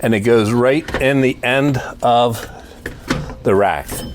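Someone talks while the two teeth of a metal loading ramp are guided into the end of a bike rack, with brief sharp knocks at about 2.9 s and 3.1 s. Nothing has dropped into place or locked yet.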